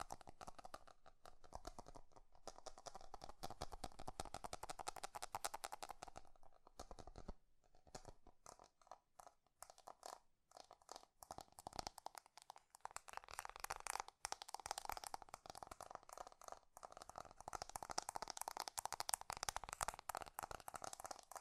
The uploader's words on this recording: ASMR 3D Fast Tapping. (No Talking).